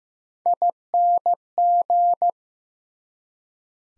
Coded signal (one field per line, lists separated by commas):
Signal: Morse code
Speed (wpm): 15 wpm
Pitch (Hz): 700 Hz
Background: none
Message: ING